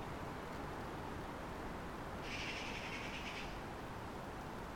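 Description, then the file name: Eurasian magpie making a single dry, rattling chatter of about a second amid constant hiss. "Pica pica"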